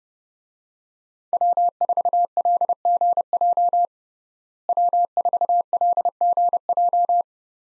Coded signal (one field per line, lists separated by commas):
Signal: Morse code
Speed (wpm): 32 wpm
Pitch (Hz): 700 Hz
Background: none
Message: W4LGJ W4LGJ